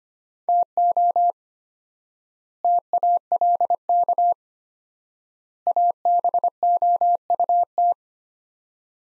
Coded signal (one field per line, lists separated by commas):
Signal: Morse code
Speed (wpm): 25 wpm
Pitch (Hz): 700 Hz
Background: none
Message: TO TALK ABOUT